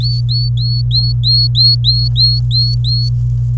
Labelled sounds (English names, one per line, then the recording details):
Domestic Canary song
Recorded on 26 April 2018 at 05:48
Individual llb3